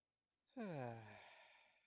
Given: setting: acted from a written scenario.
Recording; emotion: vocal sound without words; serenity